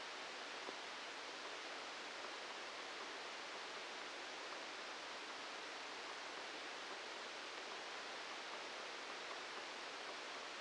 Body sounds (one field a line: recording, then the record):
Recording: brain microelectrode recording played as sound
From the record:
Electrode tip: outside the subthalamic nucleus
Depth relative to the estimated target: -6 mm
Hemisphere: left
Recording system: NeuroSet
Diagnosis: Parkinson's disease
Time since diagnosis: 10 years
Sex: male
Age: 56 years